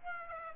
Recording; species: mosquito wingbeat signal from an infrared sensor; Aedes aegypti